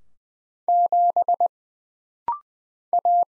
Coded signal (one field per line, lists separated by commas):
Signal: Morse code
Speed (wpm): 20 wpm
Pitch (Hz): 700 Hz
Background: none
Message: 7 A